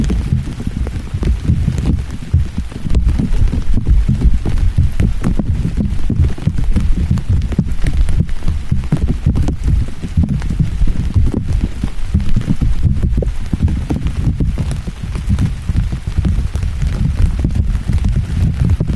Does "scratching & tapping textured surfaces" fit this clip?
no